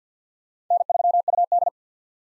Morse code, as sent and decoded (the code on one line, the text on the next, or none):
-. ...-- ..- -..
N3UD